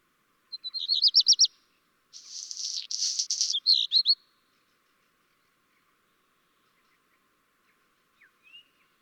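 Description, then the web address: Black redstart song: a fast high trill followed by a harsh crackling burst and short warbled closing notes, then near silence with a faint note near the end. "chant xeno-canto rougequeue noir"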